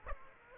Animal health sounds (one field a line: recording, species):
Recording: mosquito wingbeat signal from an infrared sensor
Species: Aedes aegypti